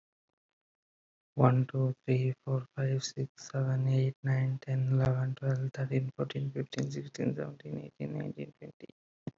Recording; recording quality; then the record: counting at a fast pace; excellent, no background noise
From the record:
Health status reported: respiratory illness, not identified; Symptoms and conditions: asthma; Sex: male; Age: 26 years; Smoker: not ticked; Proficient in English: yes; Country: United States